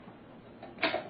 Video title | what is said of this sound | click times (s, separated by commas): Máy Ép Trái Cây Cao Cấp Nhất Kuvings | once you do that, you line them up, they're going to basically kind of like lock into place for you. | 0.8 s